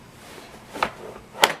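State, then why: Seated. An infant car seat carrier (missing its head support) from a Graco FastAction Fold Sport Travel System in Caraway is lowered onto the stroller frame's click-connect mounts. Once lined up, it latches with two sharp plastic clicks at 0.8 s and 1.4 s, and the seat is seated in the stroller.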